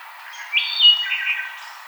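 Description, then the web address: Wood thrush song, a single fluty phrase with a brief higher ringing ending, over light background hiss. Recorded 5 May 2007. "Wood Thrush 2007 05 05"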